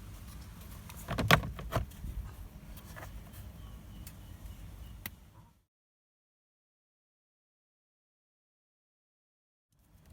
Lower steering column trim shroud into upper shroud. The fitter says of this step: Yeah, clip it